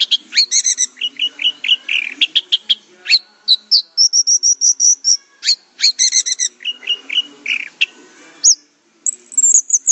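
Orange-headed thrush song: a long, busy run of varied chirps, buzzy notes and rapid high repeated ticks, briefly pausing before a final squeaky flourish.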